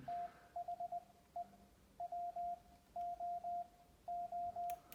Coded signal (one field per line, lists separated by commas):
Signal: Morse code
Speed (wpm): 20 wpm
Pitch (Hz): 700 Hz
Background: radio noise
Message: THE WOO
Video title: Getting Back Into Morse Code